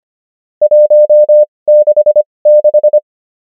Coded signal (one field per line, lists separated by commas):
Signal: Morse code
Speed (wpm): 25 wpm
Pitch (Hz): 600 Hz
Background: none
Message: 166